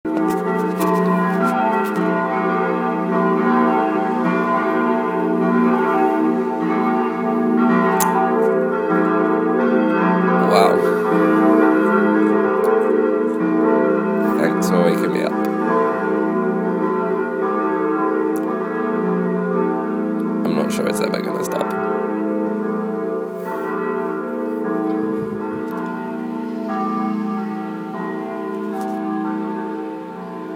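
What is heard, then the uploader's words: Sunday morning church bells ring in a dense, overlapping peal, the tones layering into a steady shimmering wash that holds level for the whole half minute. Brief clattering sounds cut through around 10, 15 and 21 seconds, and faint voices sit underneath. Sunday Morning Bells by ejcoombe.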